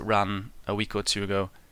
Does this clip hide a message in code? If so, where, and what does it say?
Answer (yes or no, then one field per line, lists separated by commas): no